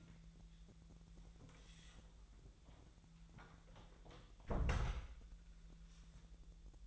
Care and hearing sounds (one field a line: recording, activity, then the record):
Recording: daily activity, microphone in the room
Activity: close door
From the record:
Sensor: 3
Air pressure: 1001.4 hPa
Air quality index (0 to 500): 248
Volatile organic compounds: 148 ppm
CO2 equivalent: 4015 ppm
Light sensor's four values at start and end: 13/31/13/13 and 13/31/13/13